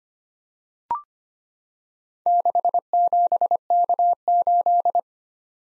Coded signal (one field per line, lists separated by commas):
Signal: Morse code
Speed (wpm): 25 wpm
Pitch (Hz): 700 Hz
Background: none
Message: 67K8